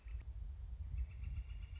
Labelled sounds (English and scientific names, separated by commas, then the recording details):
Northern Flicker (Colaptes auratus)
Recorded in Sonoma County, California